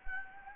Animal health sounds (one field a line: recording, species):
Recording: mosquito wingbeat signal from an infrared sensor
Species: Anopheles gambiae